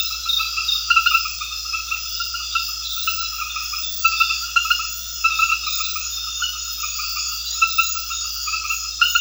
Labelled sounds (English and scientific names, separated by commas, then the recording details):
none
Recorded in secondary vegetation near Puerto Asís, Putumayo, Colombia, on 9 March 2025 at 22:30
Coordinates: 0.498, -76.327
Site G001